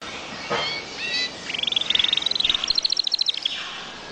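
Bird song: a few high sweeping notes, then a fast, even trill of sharp repeated notes that climbs slightly in pitch before stopping.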